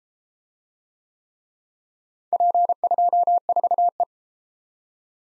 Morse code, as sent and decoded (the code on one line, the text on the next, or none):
.--. ..--- ....- .
P24E